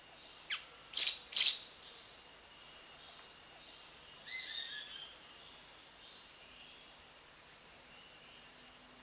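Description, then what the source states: Streaked bulbul calls: two sharp, high chirps close together, later a few fainter descending notes, with a faint high insect hum throughout. Recorded at Danum on 1 January 2008.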